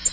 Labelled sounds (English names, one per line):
Nashville Warbler flight call